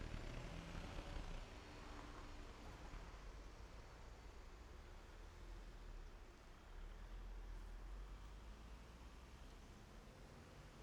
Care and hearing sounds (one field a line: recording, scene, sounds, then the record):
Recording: everyday scene through a hearing-aid microphone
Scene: in traffic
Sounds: traffic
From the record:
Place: main road on the outskirts, rush hour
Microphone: behind the ear, right, front